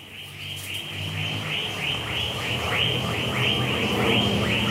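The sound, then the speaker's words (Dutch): A dense outdoor chorus of birds chirping and calling in rapid repeated bursts, steady and fairly loud, over a low constant hum with no talking, in the early morning in a yard surrounded by palm trees, with frogs also calling. “Omringd door palmbomen en kikkers en vogels die van zich laten horen...”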